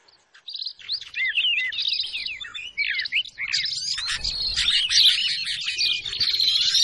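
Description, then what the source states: Bar-winged prinia calls: fast jumbled high chirps and sharp twitters in irregular bursts, thickening into a dense, insect-like buzzy chatter toward the end. Noisy small-bird calls used as a lure to attract wild birds.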